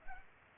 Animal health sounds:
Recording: mosquito wingbeat signal from an infrared sensor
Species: Culex pipiens

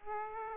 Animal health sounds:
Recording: mosquito wingbeat signal from an infrared sensor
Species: Aedes aegypti

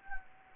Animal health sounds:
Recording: mosquito wingbeat signal from an infrared sensor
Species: Anopheles gambiae

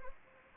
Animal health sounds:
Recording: mosquito wingbeat signal from an infrared sensor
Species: Anopheles gambiae

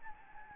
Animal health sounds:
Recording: mosquito wingbeat signal from an infrared sensor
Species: Anopheles gambiae

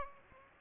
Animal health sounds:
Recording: mosquito wingbeat signal from an infrared sensor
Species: Aedes aegypti

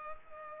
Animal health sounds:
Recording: mosquito wingbeat signal from an infrared sensor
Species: Culex pipiens

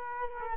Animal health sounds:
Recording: mosquito wingbeat signal from an infrared sensor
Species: Culex quinquefasciatus

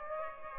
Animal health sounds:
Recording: mosquito wingbeat signal from an infrared sensor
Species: Aedes aegypti

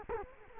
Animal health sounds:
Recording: mosquito wingbeat signal from an infrared sensor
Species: Culex quinquefasciatus

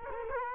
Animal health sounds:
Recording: mosquito wingbeat signal from an infrared sensor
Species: Culex quinquefasciatus

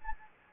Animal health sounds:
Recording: mosquito wingbeat signal from an infrared sensor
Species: Anopheles gambiae

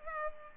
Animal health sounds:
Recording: mosquito wingbeat signal from an infrared sensor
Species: Culex pipiens

